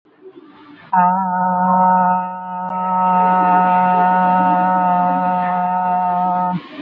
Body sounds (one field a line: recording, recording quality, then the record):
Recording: sustained vowel as in made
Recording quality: moderate, slight background noise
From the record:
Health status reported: recovered from COVID-19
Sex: female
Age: 51 years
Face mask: worn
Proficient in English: yes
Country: India